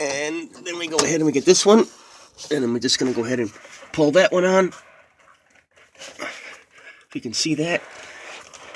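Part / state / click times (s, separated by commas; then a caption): evap canister solenoid onto its mount on the vehicle / seated / 8.5 s. Someone talks while a replacement plastic evap canister purge solenoid on an HHR is pushed onto its mounting and hose fitting. After quiet handling sounds, a sharp click at 8.6 s marks the solenoid snapping into place on its mount.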